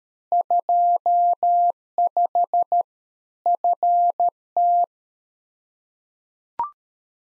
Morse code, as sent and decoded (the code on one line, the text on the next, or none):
..--- ..... / ..-. -
25 FT